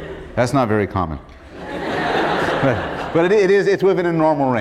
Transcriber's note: laughter